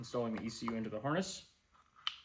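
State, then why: Seated. Someone talks as an aftermarket GET SX1 ECU is plugged into the wiring harness connector of a YZF motorcycle. After the talking stops, a single sharp click is heard at 2.1 s, and the ECU connector is seated in the harness.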